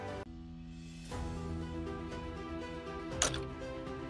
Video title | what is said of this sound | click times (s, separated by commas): Phoenix Flagpole Double Flag Harness Duo Harness Freedom Ring Install | and then it's going to snap right into place just | 3.2 s